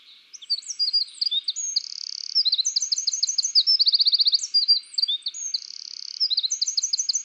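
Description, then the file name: Eurasian wren pouring out continuous high, rapid song, repeated note runs and several buzzy trills, the phrases following one another almost without pause. "Troglodytes troglodytes"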